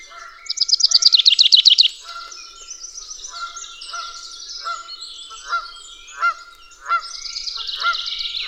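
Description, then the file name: Canada goose: canada geese calling, a rapid burst of loud honks early, then slower spaced honks and a rising flock chorus at the close. Canada geese at Dwingelderveld. "Canadese ganzen op Dwingelder Veld - Sound Cloud - luc de bruijn"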